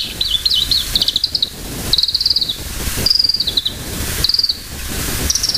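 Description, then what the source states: Varied tit calling in short, high, wavering phrases about once a second, some with quick trilled notes, over constant hissing background noise. Call (jinaki), not song.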